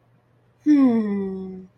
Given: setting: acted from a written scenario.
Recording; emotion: vocal sound without words; contentment